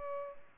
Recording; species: mosquito wingbeat signal from an infrared sensor; Culex pipiens